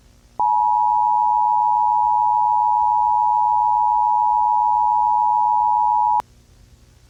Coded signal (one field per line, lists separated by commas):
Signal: Emergency Alert System (SAME) tones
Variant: 853 and 960 Hz attention tone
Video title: EAS Hack In Iowa 2009